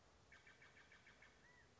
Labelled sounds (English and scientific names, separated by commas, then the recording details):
California Quail (Callipepla californica)
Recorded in Sonoma County, California